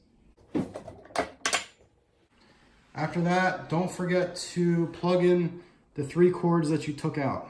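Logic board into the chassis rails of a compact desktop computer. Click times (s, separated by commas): 1.5 s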